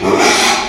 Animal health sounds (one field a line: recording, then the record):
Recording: squeal of a Yucatan mini pig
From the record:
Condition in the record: after surgery on the right vocal fold (resection and tissue-engineered implant)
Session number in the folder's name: 2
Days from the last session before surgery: 13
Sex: male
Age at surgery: 12 weeks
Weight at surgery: 13 kg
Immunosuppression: cyclosporine, prednisolone